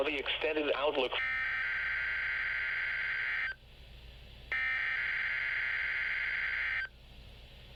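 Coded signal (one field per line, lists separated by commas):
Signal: Emergency Alert System (SAME) tones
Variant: header bursts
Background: speech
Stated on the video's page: Three required weekly tests from NOAA Weather Radio KEC65, received on a Midland WR100 V2.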